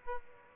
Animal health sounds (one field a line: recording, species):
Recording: mosquito wingbeat signal from an infrared sensor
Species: Aedes aegypti